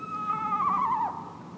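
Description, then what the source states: Eastern Screech Owl giving a quavering whinny that slides downward in pitch, lasting about one second. Call described as spine-tingling and the spookiest of familiar birds.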